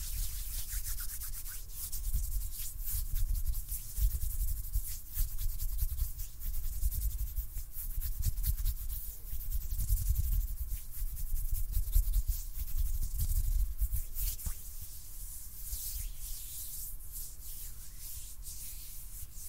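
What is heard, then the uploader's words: Hands rub together in a steady, dense scrubbing rhythm, brushy and dry with a low rumble underneath, easing slightly in the final seconds. ASMR HAND SOUNDS NO TALKING.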